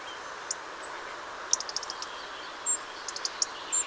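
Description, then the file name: European robin giving thin, very high, short calls and a few sharp ticking notes, scattered irregularly over a steady hiss of background noise. "Erithacus rubecula"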